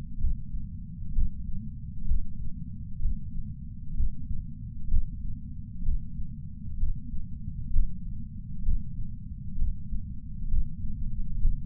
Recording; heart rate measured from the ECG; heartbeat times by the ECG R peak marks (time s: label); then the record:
heart sounds by patch sensor on the chest; 64 bpm
0.18 s: heartbeat
1.12 s: heartbeat
2.05 s: heartbeat
2.99 s: heartbeat
3.94 s: heartbeat
4.88 s: heartbeat
5.82 s: heartbeat
6.77 s: heartbeat
7.70 s: heartbeat
8.63 s: heartbeat
9.56 s: heartbeat
10.48 s: heartbeat
11.39 s: heartbeat
From the record:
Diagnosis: coronary artery disease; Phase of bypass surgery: preoperative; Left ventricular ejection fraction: 64.7%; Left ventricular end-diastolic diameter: 48 mm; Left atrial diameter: 35 mm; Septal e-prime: 7.2 cm/s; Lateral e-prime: 9.9 cm/s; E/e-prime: 8.2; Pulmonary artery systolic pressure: 27 mmHg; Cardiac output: 5.5 L/min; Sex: male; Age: 75 years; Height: 167 cm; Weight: 58 kg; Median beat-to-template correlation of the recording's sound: 0.83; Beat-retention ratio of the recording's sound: 0.99